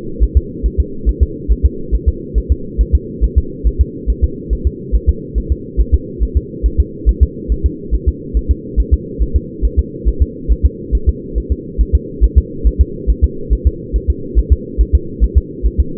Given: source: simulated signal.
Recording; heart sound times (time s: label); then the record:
fetal heart sounds
0.23 s: S1
0.37 s: S2
0.66 s: S1
0.80 s: S2
1.09 s: S1
1.23 s: S2
1.51 s: S1
1.65 s: S2
1.94 s: S1
2.08 s: S2
2.38 s: S1
2.52 s: S2
2.81 s: S1
2.95 s: S2
3.24 s: S1
3.38 s: S2
3.67 s: S1
3.81 s: S2
4.10 s: S1
4.24 s: S2
4.53 s: S1
4.67 s: S2
4.95 s: S1
5.09 s: S2
5.38 s: S1
5.52 s: S2
5.81 s: S1
5.94 s: S2
6.23 s: S1
6.37 s: S2
6.66 s: S1
6.80 s: S2
7.09 s: S1
7.23 s: S2
7.52 s: S1
7.66 s: S2
7.94 s: S1
8.08 s: S2
8.37 s: S1
8.51 s: S2
8.80 s: S1
8.94 s: S2
9.22 s: S1
9.36 s: S2
9.65 s: S1
9.79 s: S2
10.08 s: S1
10.22 s: S2
10.52 s: S1
10.66 s: S2
10.95 s: S1
11.09 s: S2
11.38 s: S1
11.52 s: S2
11.81 s: S1
11.95 s: S2
12.24 s: S1
12.38 s: S2
12.67 s: S1
12.81 s: S2
13.10 s: S1
13.24 s: S2
13.53 s: S1
13.67 s: S2
13.96 s: S1
14.10 s: S2
14.39 s: S1
14.52 s: S2
14.81 s: S1
14.95 s: S2
15.24 s: S1
15.38 s: S2
15.66 s: S1
15.80 s: S2
From the record:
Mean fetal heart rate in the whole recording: 140 bpm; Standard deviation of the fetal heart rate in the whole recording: 2 bpm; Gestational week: 34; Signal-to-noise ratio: -4.3 dB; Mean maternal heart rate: 72 bpm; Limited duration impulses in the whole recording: absent